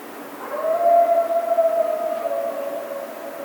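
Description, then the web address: Coyote giving one sustained howl that rises briefly, then holds a steady pitch for about three seconds, with fainter higher tones above. Howl, recorded 16 March 2010. "Coyote 2010 03 16 17 howl"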